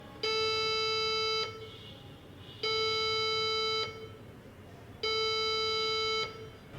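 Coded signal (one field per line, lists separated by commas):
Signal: beep code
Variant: PC BIOS POST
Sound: three long buzzy beeps, about 1.2 seconds each, repeating with short gaps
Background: small room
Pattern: 3 long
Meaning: Repeating long beeps signal a memory error: RAM not detected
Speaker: কম্পিউটার অন করার সাথে সাথে যদি এরকম বিপ বিপ সাউন্ড হয় এবং মনিটর না আসে তাহলে বুঝতে হবে র‍্যাম পাচ্ছে না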